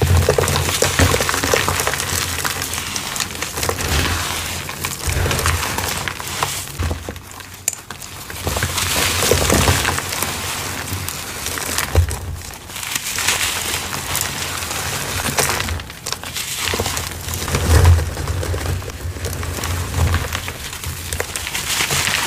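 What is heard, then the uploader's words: Gritty chalk and cornstarch crunching goes on almost without a break, a dense crinkly texture that swells and fades in waves every couple of seconds. Brighter bursts of crackling stand out near 3, 10 and 16 seconds, over a steady low hum underneath. Gritty Chalk Textures Overload! Reformed Gym Chalk ASMR compilation with gritty textures, cornstarch crunchies, and chalk blocks.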